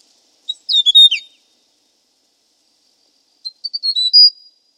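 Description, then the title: Hill prinia: a rapid, twittering phrase that slurs downward, then after a pause a run of high chirps ending in a drawn-out whistle. Nothing else audible. "prenjk gnung. Suara burung prenjak gunung"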